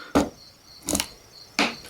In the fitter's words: Hear that click? That ain't going nowhere.